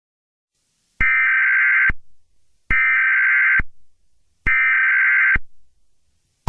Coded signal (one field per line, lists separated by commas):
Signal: Emergency Alert System (SAME) tones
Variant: header bursts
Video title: Eas Scenario 003 - MetLife Stadium Bombing 2018